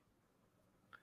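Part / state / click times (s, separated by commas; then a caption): magnetized accessory piece onto a plastic toy figure / seated / 1.0 s. A magnetized plastic piece from a Star Wars toy is attached to the plastic toy figure. Low, steady background noise is broken by a single sharp, short click at 0.9 s as the magnetic part snaps on and seats.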